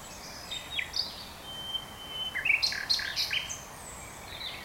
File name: Luscinia megarhynchos